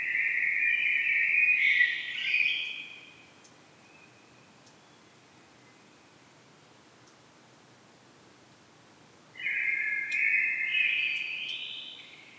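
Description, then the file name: Common blackbird singing a warbled phrase with a higher twittering end, then silence for several seconds before another rising phrase begins. "Turdus merula"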